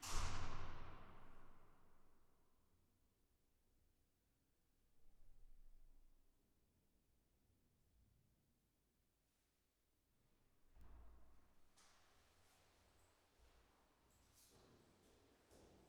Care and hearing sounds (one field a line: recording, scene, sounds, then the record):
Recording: everyday scene through a hearing-aid microphone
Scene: reverberant space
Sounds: background noise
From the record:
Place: staircase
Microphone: behind the ear, left, rear